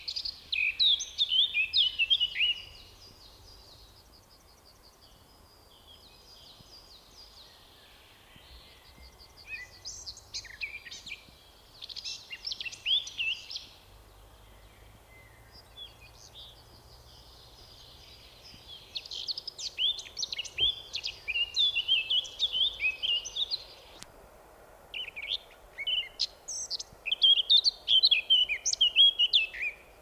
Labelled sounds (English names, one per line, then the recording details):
Eurasian Blackcap song
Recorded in the wild
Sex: male
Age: adult
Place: Schloß Holte-Stukenbrock, Senne, Nordrhein-Westfalen, DE
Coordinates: 51.8667, 8.66667
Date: 1969-05-31
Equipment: Uher 4000 Report-S, Bändchenmikro Beyer M 260, Parabolspiegel Polyester (470 mm)
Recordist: Conrads, Klaus